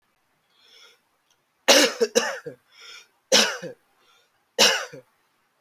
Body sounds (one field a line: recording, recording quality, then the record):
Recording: heavy voluntary cough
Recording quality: excellent, no background noise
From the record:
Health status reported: healthy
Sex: male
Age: 25 years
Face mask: not worn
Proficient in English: no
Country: India